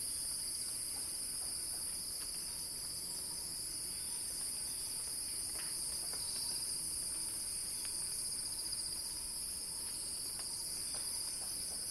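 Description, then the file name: Cicadas buzzing continuously in a thick shrill drone, steady throughout with faint scattered ticks. Cicada crescendo; recorded by Axel Drioli. "earth-fm Axel-Drioli Cicada-Crescendo-Sounding-Wild"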